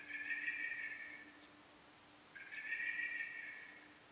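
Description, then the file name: Common blackbird giving two sustained, flat, buzzy call notes separated by a short pause, with a faint steady low hum underneath. "Turdus merula"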